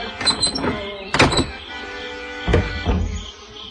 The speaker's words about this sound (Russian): Эмиль подошел к двери и поднял щеколду.